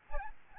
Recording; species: mosquito wingbeat signal from an infrared sensor; Aedes albopictus